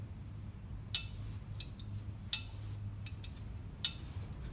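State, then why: Torque reached. A torque wrench is pulled on an injector clamp bolt during injector replacement on a 2005–2006 Toyota Hilux Vigo (KUN26R, 1KD-FTV), and it gives three sharp clicks at its setting at about 1.0, 2.3 and 3.9 seconds. Fainter ticks fall between them over a low steady hum. After the three clicks the bolt does not turn any further, confirming it is at the set torque.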